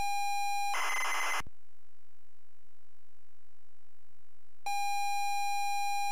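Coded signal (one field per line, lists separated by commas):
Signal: ZX Spectrum tape loading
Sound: steady buzzy lead tone, short harsh data screech, silence, then lead tone again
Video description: ZX Spectrum load up and quick game play of Where Time Stood Still 128k loaded up using a zx spectrum +3 with a wh smith cpd8300 cassette player.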